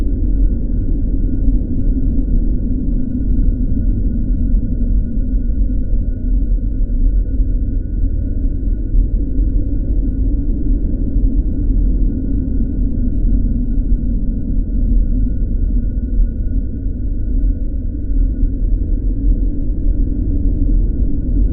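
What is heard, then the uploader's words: A dark, steady brownian noise rumbles low and dense, with a faint thin tone near 1400Hz held throughout, like calm blowing wind. Arctic Night - Relaxing ambience for bedtime. A dark, consistent brownian noise drops off around 300Hz, with subtle peaks in the 1400Hz and 2100Hz range, accompanied by a rhythmic drone which evokes a calm blowing wind.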